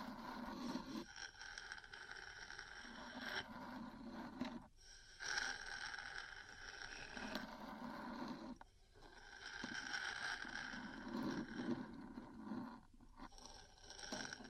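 Metal parts scratch and tap in uneven bursts with brief gaps near 4.5, 8.7 and 13 seconds, the grinding scrape bright and dense throughout.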